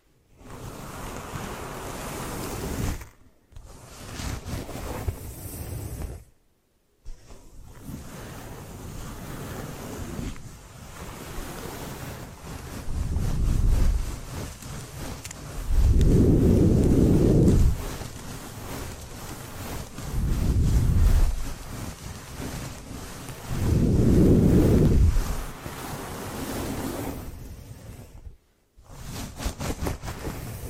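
Hair washing, brushing and massage: a dense, rough rustling and scrubbing runs almost throughout, broken by a few short silent gaps near the start and end. From about 13 to 25 seconds, four heavy, low rushing swells rise and fall, each lasting a second or two.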